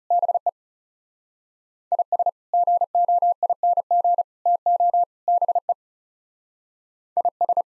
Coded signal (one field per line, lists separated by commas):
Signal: Morse code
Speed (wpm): 39 wpm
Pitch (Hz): 700 Hz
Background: none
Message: BE IS GOING TO BE IS